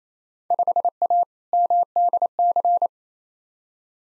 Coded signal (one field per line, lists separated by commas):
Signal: Morse code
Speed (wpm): 27 wpm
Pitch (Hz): 700 Hz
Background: none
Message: 5A MDC